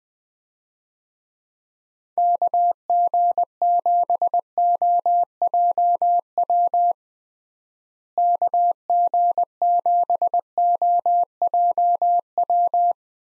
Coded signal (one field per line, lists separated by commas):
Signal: Morse code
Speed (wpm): 20 wpm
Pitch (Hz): 700 Hz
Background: none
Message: KG7OJW KG7OJW